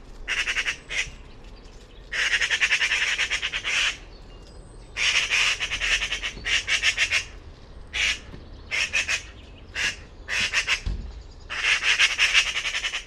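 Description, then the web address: Bird uttering harsh, grating squawks in rapid stuttering bursts separated by short pauses. "cianscape birddata Deverinetal"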